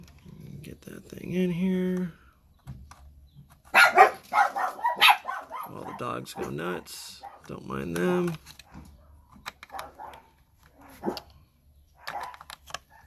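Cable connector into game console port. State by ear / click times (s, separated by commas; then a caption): not seated / none. A cable connector is handled at a port on the back of a game console, but nothing has seated or clicked yet. Someone talks while dogs bark in the background, with a few short knocks and handling sounds.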